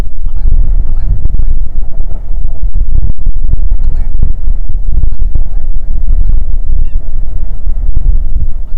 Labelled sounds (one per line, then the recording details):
grouse or ptarmigan
wind
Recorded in the Prudhoe Bay oil fields, Alaska, on 6 June 2019 at 03:45
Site 16